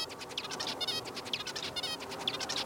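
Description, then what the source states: Zebra finch song, a rapid series of nasal, buzzy notes with harmonic stacks, repeated in quick chattering bursts. Played after a common chaffinch's song for comparison; the species sings very softly; studied in Australia.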